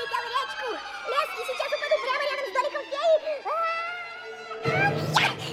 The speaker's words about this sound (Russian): Это такой пинок, которого тебе еще никто никогда не давал! Получай! Вот так пинок!